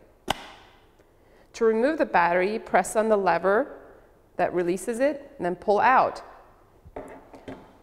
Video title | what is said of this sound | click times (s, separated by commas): XRF Bootcamp: Bruker Tracer Assembly | The battery goes into the bottom compartment. When it's fully inserted, you should hear it click. | 0.3 s